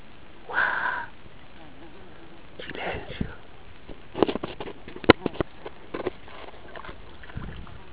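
A loud, harsh bird call rings out in the jungle in Peru, followed a moment later by a fainter second call, then a scatter of sharp cracks and rustling, like branches snapping and leaves moving.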